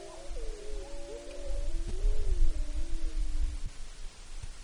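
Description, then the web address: Wolf howls, a sustained howl sliding slowly downward with a wavering second voice above it, fading out near the end over low rumbling noise. Recorded in Wrangell-St. Elias, Alaska, on 9 April 2015. "alaska acoustic highlights MAMMALS WRSTBLMT 20150409. Wolves"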